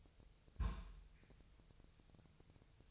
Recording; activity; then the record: daily activity, microphone in the room; place on stove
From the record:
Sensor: 2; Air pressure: 999.2 hPa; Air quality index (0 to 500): 195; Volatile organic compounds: 27 ppm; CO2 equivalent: 2877 ppm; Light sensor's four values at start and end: 6/15/6/6 and 6/15/6/6